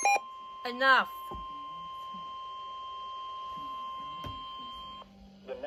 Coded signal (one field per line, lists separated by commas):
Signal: Emergency Alert System (SAME) tones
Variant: 1050 Hz attention tone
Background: speech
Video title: SVR yet again! (EAS #23)